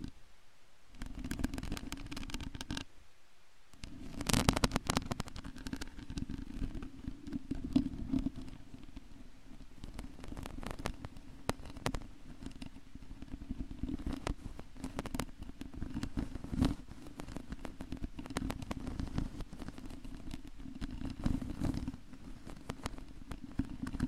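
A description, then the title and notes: Scratching recorded close with a long nail mic: dense, irregular crackles over a steady low hum, with a brief pause near four seconds. Brain Melting Long Nail Mic Scratching ASMR! (No Talking).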